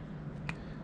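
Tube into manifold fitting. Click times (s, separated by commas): 0.5 s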